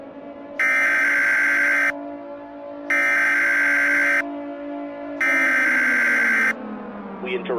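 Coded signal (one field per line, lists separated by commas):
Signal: Emergency Alert System (SAME) tones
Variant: header bursts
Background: speech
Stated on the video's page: Fictional recreated EAS scenario.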